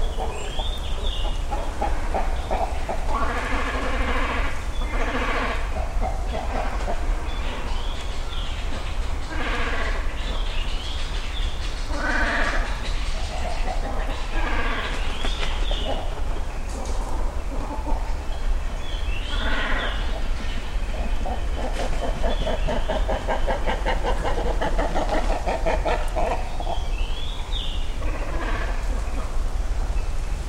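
Great cormorants call from their nesting trees along the river, a dense, overlapping chorus of nasal, bleating croaks that never stops across the half minute. Some cries rise and fall in pitch. A steady low rumble runs underneath throughout.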